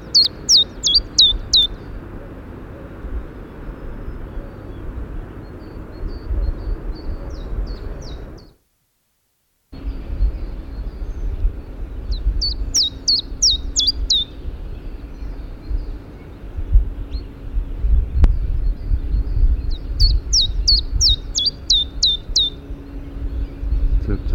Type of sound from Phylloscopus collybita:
song